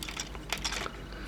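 The plastic tail section of a transforming robot action figure is swung around to cover the head and chest and pressed toward its locked position, producing light plastic handling ticks and rattles around 0.2, 0.5 and 0.7 seconds. Nothing has seated or clicked into place yet.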